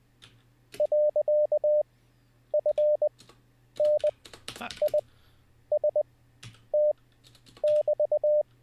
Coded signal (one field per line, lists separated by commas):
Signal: Morse code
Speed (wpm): 20 wpm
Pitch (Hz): 600 Hz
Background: none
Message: .FNIST<BT>